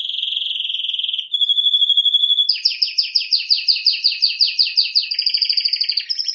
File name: Canary Voice